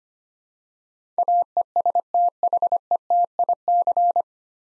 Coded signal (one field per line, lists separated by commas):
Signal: Morse code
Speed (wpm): 25 wpm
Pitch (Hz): 700 Hz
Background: none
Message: AESTHETIC